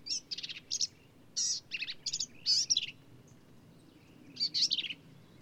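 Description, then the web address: Black-capped vireo song: several squeaky, scratchy high phrases in quick succession, then a pause and a final phrase, over a low background hiss. "birdsongforthecurious Black-capped Vireo"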